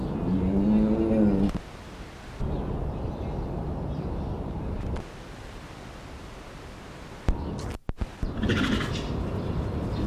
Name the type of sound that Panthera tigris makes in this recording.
call